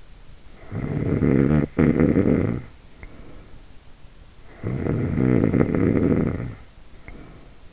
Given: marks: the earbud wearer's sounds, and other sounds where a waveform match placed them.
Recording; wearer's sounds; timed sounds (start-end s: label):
sounds in sleep by an in-ear microphone; snoring breath
0.31-4.08 s: snoring breath
4.42-7.73 s: snoring breath